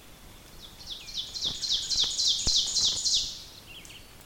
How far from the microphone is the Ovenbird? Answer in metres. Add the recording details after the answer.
about 30 m. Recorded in boreal forest in Alberta, Canada, on 5 June 2016 at 06:22. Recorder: SongMeter 3, array SBT-3-51. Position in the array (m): 244 m, 133 m. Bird 28